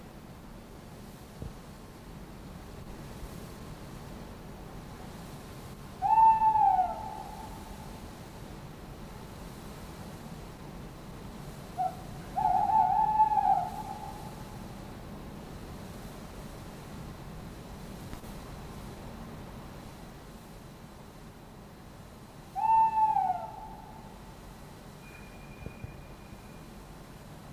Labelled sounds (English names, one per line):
Tawny Owl